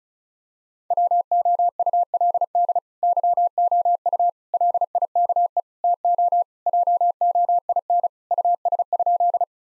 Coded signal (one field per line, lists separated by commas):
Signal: Morse code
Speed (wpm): 35 wpm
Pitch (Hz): 700 Hz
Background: none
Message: WOULD YOU LIKE TO JOIN US?